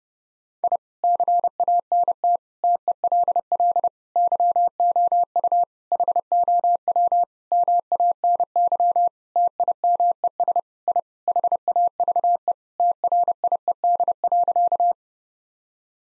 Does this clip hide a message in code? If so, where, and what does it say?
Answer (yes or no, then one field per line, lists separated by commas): yes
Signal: Morse code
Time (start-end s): 0.6-14.9 s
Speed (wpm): 30 wpm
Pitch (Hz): 700 Hz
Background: none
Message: I CANT TELL YOU HOW MANY TIMES I HAVE TRIED.